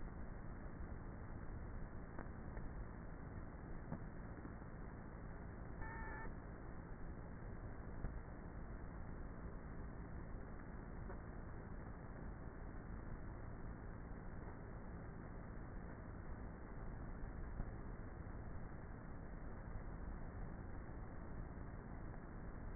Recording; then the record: honeybee colony, microphone inside the hive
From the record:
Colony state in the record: queenless with a low population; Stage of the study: before two queens were removed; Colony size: about 30,000 bees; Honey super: no